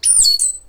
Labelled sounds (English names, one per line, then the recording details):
Stitchbird song
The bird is a male
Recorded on Tiritiri Matangi Island, New Zealand, in 2005
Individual 10, of nest box 12